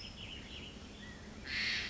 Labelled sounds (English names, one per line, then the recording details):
California Quail
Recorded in Sonoma County, California